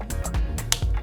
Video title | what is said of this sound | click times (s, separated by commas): SprayEZ Fast Kick Gun | You will attach it to your static mixer until it clicks. | 0.7 s